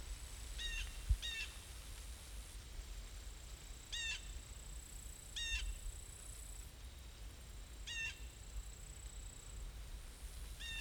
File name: Blue Jay Wind Through Leaves Autumn Crickets